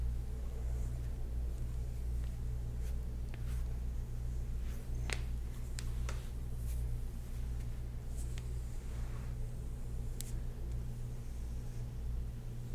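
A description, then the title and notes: A scalp and shoulder massage, heard as soft, scattered rustles and brief scratchy touches against hair and fabric, most noticeable around the middle and near ten seconds. Underneath, a steady low hum with a rumbling, engine-like tone runs throughout without change. ASMR Real Person Scalp & Shoulder Massage.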